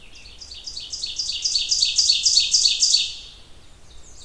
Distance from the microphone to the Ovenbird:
about 15 m